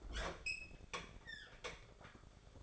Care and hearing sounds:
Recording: daily activity, microphone in the room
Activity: open fridge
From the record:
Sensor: 5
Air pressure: 1004.7 hPa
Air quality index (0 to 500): 158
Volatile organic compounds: 3 ppm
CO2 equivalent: 1494 ppm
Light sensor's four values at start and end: 21/48/19/18 and 22/51/20/19

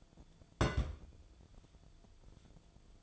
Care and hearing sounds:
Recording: daily activity, microphone in the room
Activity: place on stove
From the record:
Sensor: 5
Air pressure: 1010.0 hPa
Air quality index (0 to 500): 151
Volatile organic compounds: 3 ppm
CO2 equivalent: 1472 ppm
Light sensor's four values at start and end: 252/609/260/287 and 251/605/259/287

